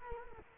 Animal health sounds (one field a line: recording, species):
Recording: mosquito wingbeat signal from an infrared sensor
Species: Culex quinquefasciatus